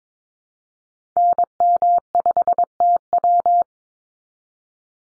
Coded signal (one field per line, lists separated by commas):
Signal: Morse code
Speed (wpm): 22 wpm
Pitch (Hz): 700 Hz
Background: none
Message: NM5TW